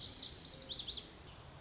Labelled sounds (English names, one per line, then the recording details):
Lazuli Bunting
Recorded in Sonoma County, California